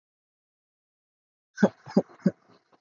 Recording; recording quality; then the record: shallow voluntary cough; poor, much background noise or distortion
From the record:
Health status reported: respiratory illness, not identified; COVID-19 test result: negative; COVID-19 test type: RT-PCR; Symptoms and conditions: cough, fever, muscle pain, another respiratory illness, another condition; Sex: female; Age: 27 years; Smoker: no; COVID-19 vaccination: both doses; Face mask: worn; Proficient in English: yes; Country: India